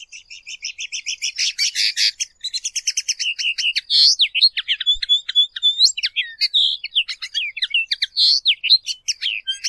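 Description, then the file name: Common linnet song: a fast, varied run of twittering notes, buzzy trills and rising and falling whistles. "fanello"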